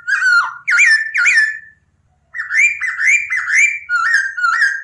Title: MASTERAN AMPUH SUARA BURUNG POKSAY HONGKONG GACOR